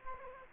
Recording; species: mosquito wingbeat signal from an infrared sensor; Aedes aegypti